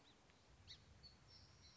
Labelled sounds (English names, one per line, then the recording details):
Song Sparrow
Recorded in Sonoma County, California